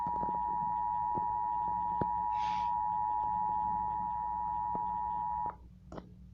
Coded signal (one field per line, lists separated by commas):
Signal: Emergency Alert System (SAME) tones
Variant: 853 and 960 Hz attention tone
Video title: SVR near Indy EAS 2